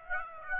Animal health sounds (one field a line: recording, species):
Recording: mosquito wingbeat signal from an infrared sensor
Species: Aedes aegypti